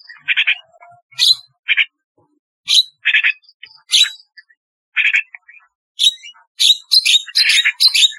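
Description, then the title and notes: Starling pouring out grating chatter and thin whistled notes, spaced at first, then quickening into a continuous rattling run at the end. "Kicau Burung Jalak"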